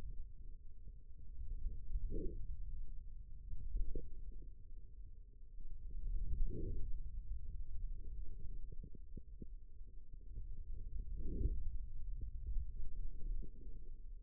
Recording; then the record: forearm muscle sounds (acoustic myography)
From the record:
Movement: hand closing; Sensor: system 2, bracelet of six BSWA MPA416 microphones around the upper forearm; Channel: 3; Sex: male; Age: 22 years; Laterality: right